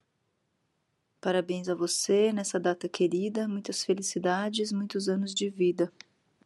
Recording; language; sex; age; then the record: short text; Brazilian Portuguese; female; 40 to 49 years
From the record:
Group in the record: control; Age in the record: 43 years